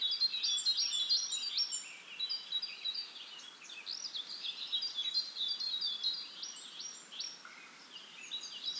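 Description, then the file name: Eurasian blackcap warbling song, fast rambling phrases of scratchy and fluty notes running almost continuously, against a soft background hiss. "Sylvia atricapilla"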